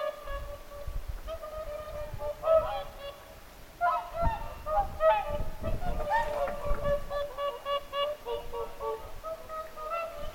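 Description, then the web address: Whooper swan flock honking, irregular overlapping bugles building in the middle, with low rumbling noise at times. Whooper swans calling at Lintulahti, 6 November 2025. "paivat 6 11 2025 laulujoutsenten aantelya lintulahdella"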